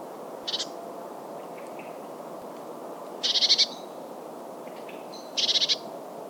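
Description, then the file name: Eurasian blue tit calling: a brief pulsed note, then two longer rapid scolding churrs a couple of seconds apart, with faint high notes between, over low background noise. "Cyanistes caeruleus"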